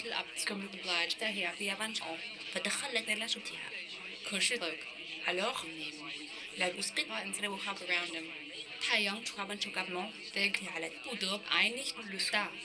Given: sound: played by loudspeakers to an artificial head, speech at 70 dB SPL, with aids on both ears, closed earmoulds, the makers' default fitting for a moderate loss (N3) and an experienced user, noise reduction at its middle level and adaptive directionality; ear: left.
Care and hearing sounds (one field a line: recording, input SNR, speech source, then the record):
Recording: speech test signal (ISTS) in cocktail-party noise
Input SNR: +9 dB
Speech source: in front (0 degrees)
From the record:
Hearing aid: class 2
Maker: C